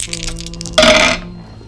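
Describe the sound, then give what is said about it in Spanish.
Three dice are rolled for a perception check in a role-playing game, rattling and clattering for about a second: a few light clicks, then a louder burst of hard tumbling that fades quickly into quiet. “por favor acá lánceme percepción para ver qué tanto se va a dar cuenta de ciertas cosas. O sea, tres dados.”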